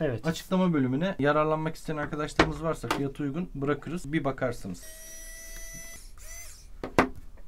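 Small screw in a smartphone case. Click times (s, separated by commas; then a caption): 7.0 s. Someone talks while working on an iPhone 6s Plus during a screen replacement, trying to unscrew a small bottom screw in the smartphone case with a cheap precision screwdriver. The bit slips with a sharp metallic tick at 7.0 s, and the screw head is stripped, so grime is then added to the bit to get more grip.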